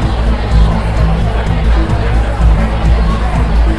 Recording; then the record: background sound without coughing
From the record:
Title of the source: Party Noise 1 Hour Party Ambience